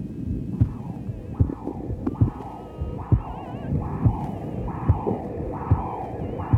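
Regular pulsing whooshes come about 70 times a minute, each surging sharply then easing off, over a low steady hum. This is the Doppler flow signal of the terminal internal carotid artery in an adult, a normal pulsatile arterial waveform heard through the ultrasound probe.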